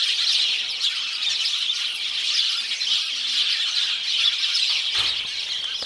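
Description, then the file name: House sparrow chorus of dense, overlapping chirps and chatter running without pause, with a faint low thump near the end. "Passer domesticus"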